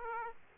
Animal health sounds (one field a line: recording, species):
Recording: mosquito wingbeat signal from an infrared sensor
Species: Aedes aegypti